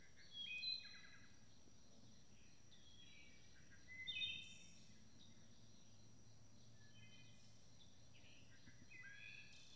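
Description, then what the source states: Wood thrush singing flutelike phrases spaced several seconds apart over a constant high hum and faint low noise. Recorded at dusk in May 2012.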